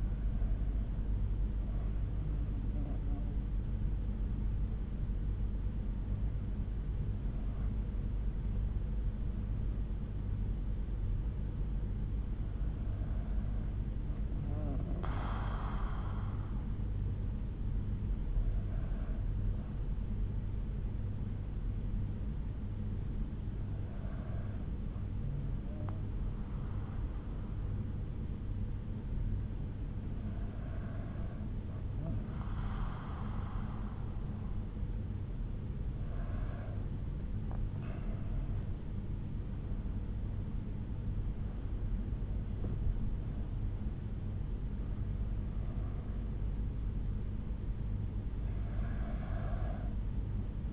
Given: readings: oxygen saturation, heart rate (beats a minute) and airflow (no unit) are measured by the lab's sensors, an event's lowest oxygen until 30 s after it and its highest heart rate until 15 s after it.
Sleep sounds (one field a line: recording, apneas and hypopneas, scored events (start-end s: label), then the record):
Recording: breathing in sleep by a smartphone at the bedside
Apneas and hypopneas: 1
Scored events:
19.00-40.90 s: hypopnea (N2, oxygen 95% highest, then 94% lowest)
From the record:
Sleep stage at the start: N2 (light sleep)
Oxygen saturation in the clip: 94 to 96%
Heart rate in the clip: 60 to 69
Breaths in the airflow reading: 10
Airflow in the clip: -7.1 to 7.4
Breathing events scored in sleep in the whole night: 368 in 8.0 hours asleep